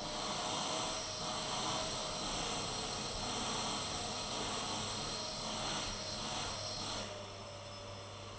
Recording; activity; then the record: daily activity, microphone in the room; vacuum cleaning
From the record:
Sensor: 4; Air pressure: 1000.1 hPa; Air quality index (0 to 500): 232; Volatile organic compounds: 32 ppm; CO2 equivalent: 2992 ppm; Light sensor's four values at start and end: 9/21/8/8 and 9/21/8/8